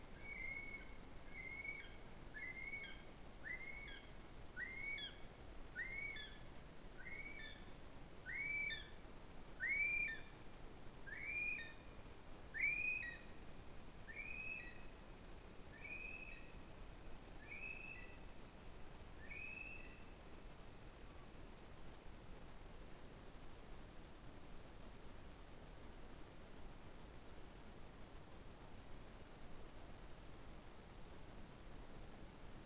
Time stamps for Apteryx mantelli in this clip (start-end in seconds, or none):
0.00-20.25